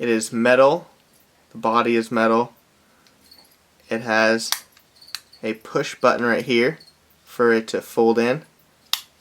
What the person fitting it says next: and then it locks into place.